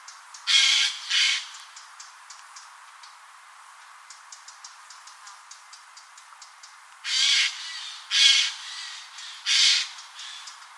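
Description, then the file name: Eurasian jay with two harsh raspy screeches, then a stretch of faint clicks, followed by three more loud grating screeches near the end. "Garrulus glandarius"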